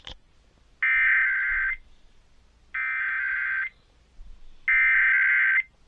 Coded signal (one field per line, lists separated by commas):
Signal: Emergency Alert System (SAME) tones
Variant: header bursts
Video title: TONES, TONES, & MORE TONES... EAS Tests from 12/3/24 - 12/19/24 (EAS #5,177 - 5,286)